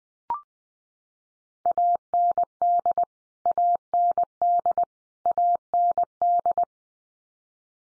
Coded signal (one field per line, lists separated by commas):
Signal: Morse code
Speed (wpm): 20 wpm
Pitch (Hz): 700 Hz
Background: none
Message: AND AND AND